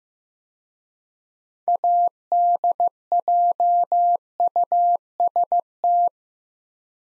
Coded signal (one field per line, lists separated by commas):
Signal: Morse code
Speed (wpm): 15 wpm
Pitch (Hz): 700 Hz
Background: none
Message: ADJUST